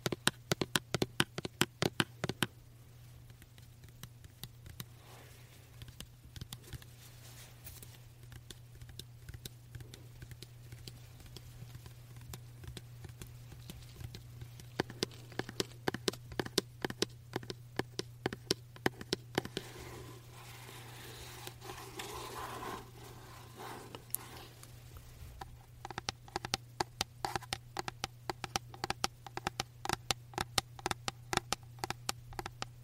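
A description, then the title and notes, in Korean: Soft hand massage sounds with no talking: dense runs of quick, light taps and pats, clustered at the start, around 15–20 seconds, and again from 25 seconds on. Between them come quieter rubbing and brushing, over a steady low hum throughout. 말없이 부드러운 손 마사지 소리.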